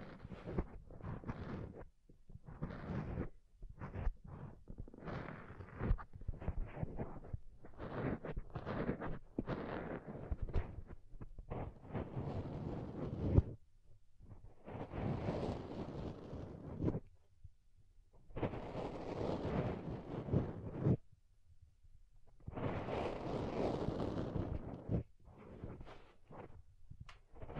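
Soft, fluffy ear triggers brushed and rubbed against the microphone, with a deep, muffled rumble. The first half is a quick run of short, choppy swipes; later come three longer, fuller rustling sweeps of a few seconds each, separated by brief quiet gaps.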